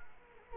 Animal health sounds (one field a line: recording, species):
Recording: mosquito wingbeat signal from an infrared sensor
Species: Culex quinquefasciatus